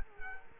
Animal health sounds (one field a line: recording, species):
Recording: mosquito wingbeat signal from an infrared sensor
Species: Culex quinquefasciatus